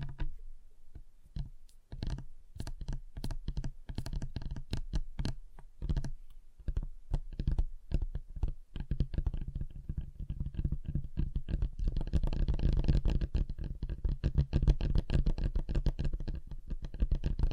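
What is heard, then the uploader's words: Fingers tap on a table, sharp separate knocks at first, then quicker, denser drumming from about ten seconds onward. ASMR Relaxing Table Tapping Different Surfaces (No Talking).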